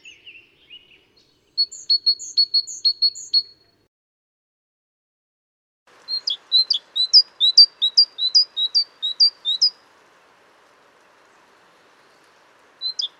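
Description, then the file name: Great tit song: bright two-note phrases repeated rapidly, a short series near the start and a longer run of alternating high and lower notes after a pause, then another note begins at the end. "Mesange charbonniere chants"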